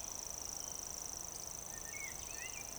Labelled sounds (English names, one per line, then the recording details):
Eurasian Woodcock whistle
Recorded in Baden-Württemberg, Germany, on 12 June 2020 at 19:34 UTC
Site 43791, 788 m above sea level